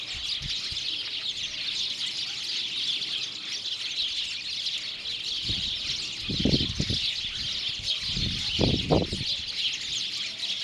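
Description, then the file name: House sparrow flock chatter, constant high chirping throughout, interrupted by a few low thuds and bumps in the second half. "Passer domesticus"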